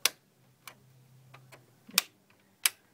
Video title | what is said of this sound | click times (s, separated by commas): How to open your Xbox 360 elite | each one just pops | 0.1 s, 2.0 s, 2.7 s